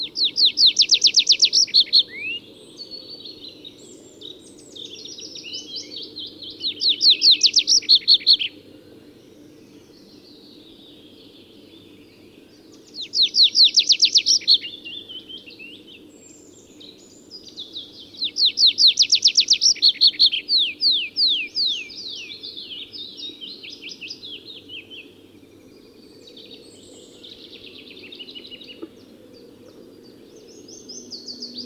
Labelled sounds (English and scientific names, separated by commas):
Tree Pipit (Anthus trivialis) song